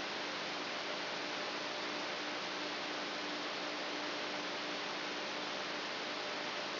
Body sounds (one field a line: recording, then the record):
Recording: brain microelectrode recording played as sound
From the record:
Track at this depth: inside the subthalamic nucleus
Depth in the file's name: 8.137 mm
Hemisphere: left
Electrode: 3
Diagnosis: Parkinson's disease